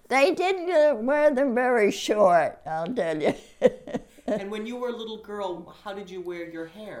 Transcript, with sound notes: They didn't wear them very short, I'll tell you. [Laughs]
And when you were a little girl, how did you wear your hair?